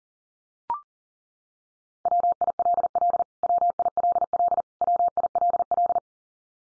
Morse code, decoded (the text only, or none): WILL WILL WILL